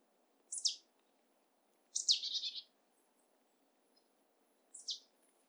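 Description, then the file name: Marsh tit calls: three sharp, high downslurred notes, the first two about one and a half seconds apart and the third about three seconds later, the middle one trailing into a short buzzy rattle; otherwise quiet. "Poecile palustris"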